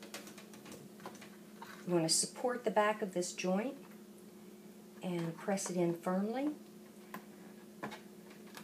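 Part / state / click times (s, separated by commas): water supply tube into push-fit fitting on water ionizer / seated / 7.1 s, 7.8 s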